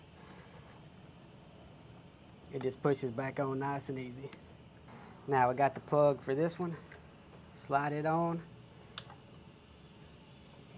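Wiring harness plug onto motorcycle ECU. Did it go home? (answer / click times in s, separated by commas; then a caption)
yes / 9.0 s. Someone talks while the second wiring harness plug is slid onto the ECU of a CFMOTO IBEX 800 motorcycle and locked with its cam lever. One loud, sharp click is heard at 9.0 s as the plug's cam lock seats.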